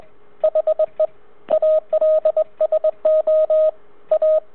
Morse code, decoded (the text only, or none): HE ALSO A